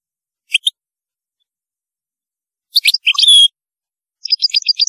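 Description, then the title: European goldfinch song fragments: a few scattered chirps, then a short twittering phrase with a drawn-out note and a quick run of ticking notes. "Chant Chardonneret"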